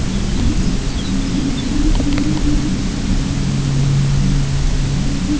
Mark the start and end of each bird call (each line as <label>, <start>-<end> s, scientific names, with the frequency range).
Calcarius lapponicus (2.7-6.8 kHz), 0.04-1.78 s